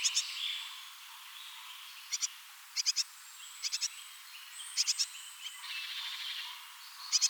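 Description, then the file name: Great tit calls: short groups of two to four harsh, buzzy bursts separated by pauses, with faint birdsong behind. "Parus major"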